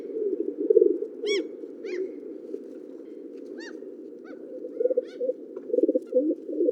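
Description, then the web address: Pigeon coos rolling in low throaty bursts, louder toward the end, with sharp high chirps from other birds scattered through. "sound Columbidae"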